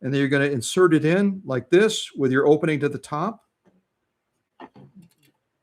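Someone talks while lining up a metal bobbin case, opening to the top, with the hook of a vintage sewing machine, just before pushing it home. After the talking stops, two faint handling ticks are heard at about 4.8 s and 5.1 s. The bobbin case has not snapped into place yet.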